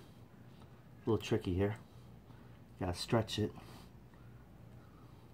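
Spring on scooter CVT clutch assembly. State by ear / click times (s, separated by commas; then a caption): not seated / none. A return spring is stretched back onto a scooter's GY6 157QMJ CVT clutch and transmission assembly while someone talks, with faint handling noise between the words. The spring is still being handled, and nothing has seated or clicked yet.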